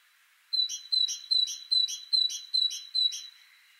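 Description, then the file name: Great tit singing seven rapid two-part phrases, each a pure high tone dropping into a harsher note, evenly repeated at roughly two and a half per second. "Parus major"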